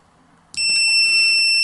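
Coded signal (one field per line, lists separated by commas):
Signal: alarm pattern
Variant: lost model buzzer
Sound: a sudden loud, continuous high-pitched buzzer tone that keeps going without pause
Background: faint handling noise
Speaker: and then unplug it and it's constantly on three presses does nothing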